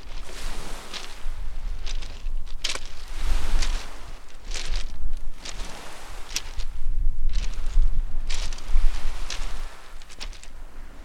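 Waves wash in and draw back in uneven surges, peaking every few seconds with a hissing, crackling rush, loudest around the middle and again near eight to nine seconds. A steady low rumble sits underneath.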